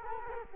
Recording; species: mosquito wingbeat signal from an infrared sensor; Culex quinquefasciatus